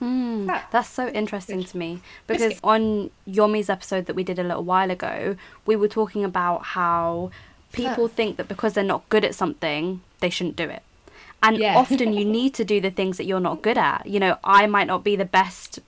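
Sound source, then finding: Adult woman speaking. Typical speech.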